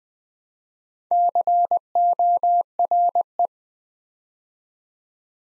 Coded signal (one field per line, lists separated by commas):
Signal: Morse code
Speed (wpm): 20 wpm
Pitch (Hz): 700 Hz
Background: none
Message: CORE